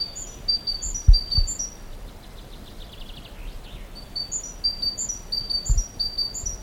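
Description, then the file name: Great tit calls: high chirping notes at the start and in a busier run toward the end, with a brief rattling buzzy trill in between and low thumps underneath. "Parus major"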